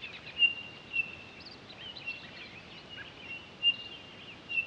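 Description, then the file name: Townsend's solitaire giving clear piping whistles, with a brief soft warbled phrase between them midway, over light steady hiss. Recorded 23 October 2011. "20111023 townsends-solitaire"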